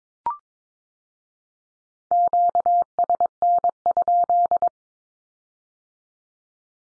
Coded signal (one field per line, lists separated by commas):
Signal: Morse code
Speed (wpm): 22 wpm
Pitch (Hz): 700 Hz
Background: none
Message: QSN?